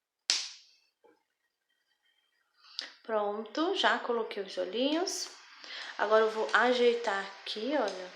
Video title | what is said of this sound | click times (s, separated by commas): (Versão Canhoto) Coelhinho da pascoa amigurumi passo a passo - Coelho Bernardo (Parte 2) | coloco do mesmo jeito gente olha vou apertar até encaixar Pronto já coloquei os | 0.3 s